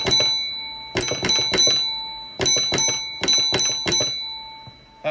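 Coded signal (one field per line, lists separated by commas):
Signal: bell signal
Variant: railway block bell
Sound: groups of sharp bell strikes with sustained ringing tones, pauses between groups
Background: small room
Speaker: means line now clear in accordance with regulation 4 for trainer approach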